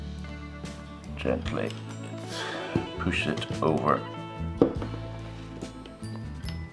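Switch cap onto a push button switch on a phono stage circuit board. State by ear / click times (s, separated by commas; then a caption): not seated / none. A plastic push-button switch cap is gently pushed over the push button switch on a new Cambridge Audio phono stage circuit board while someone talks over background music. A few faint ticks come near 5.9, 6.2 and 6.5 seconds, but nothing has seated or clicked into place yet.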